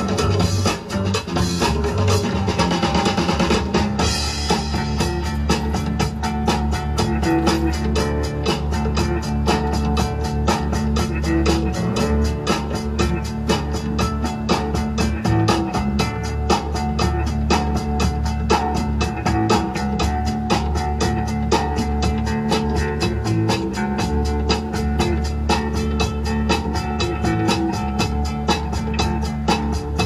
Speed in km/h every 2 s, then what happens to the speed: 0, 0, 0, 0, 0, 0, 0, 0, 0, 0, 0, 0, 0, 0, 0.
0-30 standing.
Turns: none.